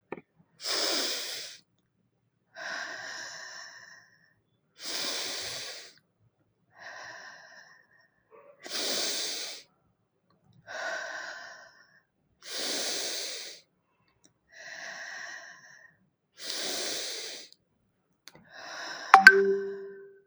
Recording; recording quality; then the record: deep breathing; excellent, no background noise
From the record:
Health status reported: recovered from COVID-19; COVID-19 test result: positive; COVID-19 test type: RT-PCR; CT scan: not taken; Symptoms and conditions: cough, cold, sore throat, fatigue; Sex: female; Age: 26 years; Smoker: no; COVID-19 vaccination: both doses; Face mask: worn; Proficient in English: yes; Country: India